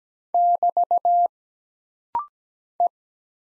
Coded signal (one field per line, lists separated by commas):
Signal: Morse code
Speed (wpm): 17 wpm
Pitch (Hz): 700 Hz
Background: none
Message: <BT> E